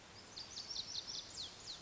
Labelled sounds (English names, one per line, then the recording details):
Lazuli Bunting
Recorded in Sonoma County, California